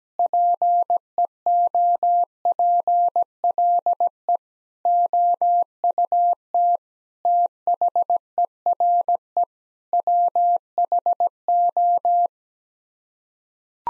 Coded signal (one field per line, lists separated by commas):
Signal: Morse code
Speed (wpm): 17 wpm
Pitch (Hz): 700 Hz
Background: none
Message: PEOPLE OUT THERE WHO